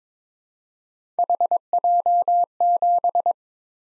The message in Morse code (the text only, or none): HJ7